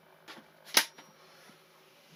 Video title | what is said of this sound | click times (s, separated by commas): Unboxing - FMS 64mm J10 - Dec 2024 | got a positive click and you want to undo it push that and the whole lot comes up fantastic | 0.8 s